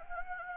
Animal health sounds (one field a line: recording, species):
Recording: mosquito wingbeat signal from an infrared sensor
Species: Anopheles gambiae